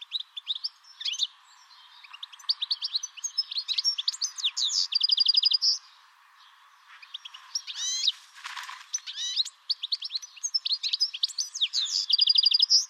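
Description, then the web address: Bird song in dense, high-pitched bursts of chirps and rapid buzzy trills, with short pauses near two and seven seconds, then another busy run of notes. "Deverinetal"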